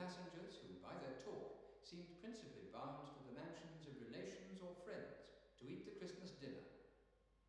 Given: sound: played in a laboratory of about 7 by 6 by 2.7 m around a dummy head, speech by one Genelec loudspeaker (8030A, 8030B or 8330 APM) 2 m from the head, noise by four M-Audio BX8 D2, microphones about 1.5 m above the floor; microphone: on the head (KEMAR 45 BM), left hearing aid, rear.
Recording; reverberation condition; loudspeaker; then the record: male speech in English; high; behind (180 degrees)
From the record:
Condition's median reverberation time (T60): about 1300 ms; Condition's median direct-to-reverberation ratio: about -4.0 dB